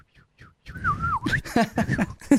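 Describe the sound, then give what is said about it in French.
Someone whistles in imitation of birdsong: a few faint chirps, then a loud wavering whistle that rises and falls, followed by short, choppy tweets and trills. “Et c'est, attends, si tu tends un peu l'oreille, tu pourrais presque entendre les oiseaux chanter.”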